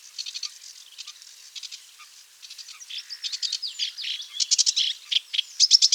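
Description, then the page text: Sedge warbler song, a hurried jumble of harsh chattering notes, buzzy trills and sharp clicks, growing louder and more varied toward the end. "Sedge Warbler Song - Quick Sounds"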